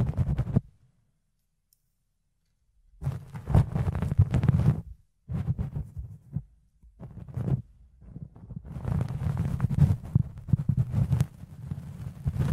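Ear cleaning with something fluffy rubbing against the mic, making dense, muffled rustling bursts heavy in the low end. After a brief opening rub, near silence lasts about two seconds, then scratchy brushing returns in uneven waves, with short pauses around five and eight seconds.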